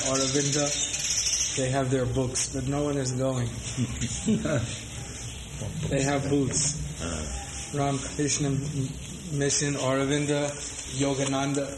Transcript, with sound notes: Aurobindo. They have their books, but no one is going. [Prabhupāda chuckles] They have booths, Ramakrishna Mission, Aurobindo, Yogananda.